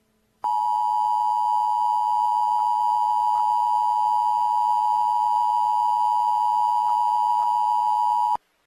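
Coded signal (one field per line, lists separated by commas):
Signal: Emergency Alert System (SAME) tones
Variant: 853 and 960 Hz attention tone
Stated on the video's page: Fictional EAS scenario, simulated hazardous materials alert set in Florida.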